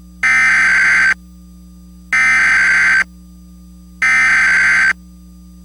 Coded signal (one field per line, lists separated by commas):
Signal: Emergency Alert System (SAME) tones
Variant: header bursts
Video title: (VALID TONES) EAS Recreation Mock - Hagerstown, MD Tornado Warning (09/08/2012) (DOUBLE RELAY)